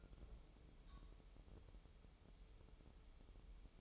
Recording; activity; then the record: daily activity, microphone in the room; take from stove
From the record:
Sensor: 1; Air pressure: 988.4 hPa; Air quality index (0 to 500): 202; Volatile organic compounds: 1000 ppm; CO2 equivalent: 5401 ppm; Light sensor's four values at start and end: 27/97/37/39 and 27/97/37/39